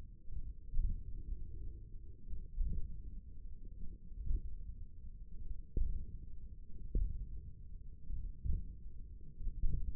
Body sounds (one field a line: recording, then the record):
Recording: forearm muscle sounds (acoustic myography)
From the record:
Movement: radial deviation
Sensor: system 1, eight BSWA MPA416 microphones around the upper forearm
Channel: 1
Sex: male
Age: 28 years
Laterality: right